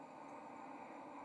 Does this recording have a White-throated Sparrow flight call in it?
no